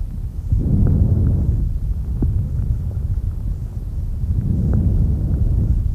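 Soft, low-pitched rustling swells rise and fade with each breath, inspiration longer and louder than the brief, much quieter expiration, with no pause between phases. These are normal vesicular breath sounds heard over the peripheral lung fields of an adult, arising from turbulent airflow in the lobar and segmental bronchi rather than the alveoli.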